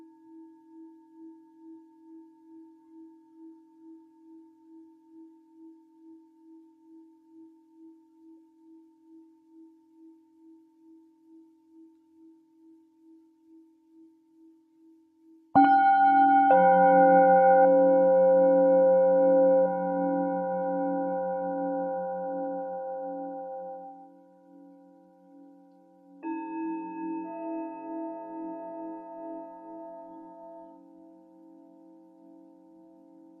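A singing bowl hums softly with a slow wavering pulse, then a strong strike near sixteen seconds rings out, another following around twenty-six.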